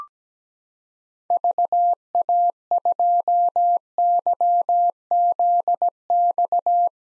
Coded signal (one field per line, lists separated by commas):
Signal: Morse code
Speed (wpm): 17 wpm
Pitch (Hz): 700 Hz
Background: none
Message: VA2YZX